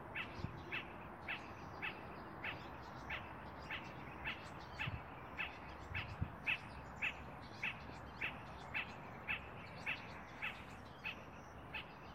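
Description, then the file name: Spot-flanked barbet calling a long run of short dry notes, roughly two per second, regular throughout, over a faint low background. "Tricholaema lacrymosa - Spot-flanked Barbet"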